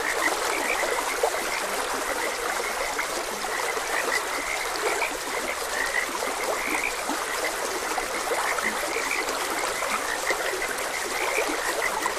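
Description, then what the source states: Irregular frog chirping, a few quick notes repeated throughout, masked in part by steady flowing water. Frogs croaking beside a gentle stream.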